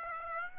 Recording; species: mosquito wingbeat signal from an infrared sensor; Aedes aegypti